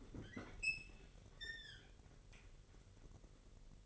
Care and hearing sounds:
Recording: daily activity, microphone in the room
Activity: open fridge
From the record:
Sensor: 4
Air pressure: 1002.9 hPa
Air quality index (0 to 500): 248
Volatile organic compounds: 19 ppm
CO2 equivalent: 2658 ppm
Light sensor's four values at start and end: 4/9/3/4 and 4/9/3/4

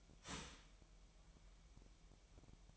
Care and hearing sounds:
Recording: daily activity, microphone in the room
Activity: start toaster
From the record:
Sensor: 1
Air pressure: 1002.0 hPa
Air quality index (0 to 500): 239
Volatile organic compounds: 44 ppm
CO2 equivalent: 3206 ppm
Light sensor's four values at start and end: 10/35/12/14 and 10/35/12/14

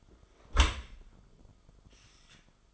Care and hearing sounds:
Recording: daily activity, microphone in the room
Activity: close dishwasher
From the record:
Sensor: 5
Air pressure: 1004.9 hPa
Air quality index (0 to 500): 93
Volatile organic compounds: 2 ppm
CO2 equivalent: 1120 ppm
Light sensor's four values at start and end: 33/76/31/30 and 33/76/31/30

